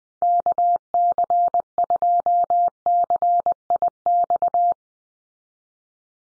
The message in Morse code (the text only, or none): KC2CIX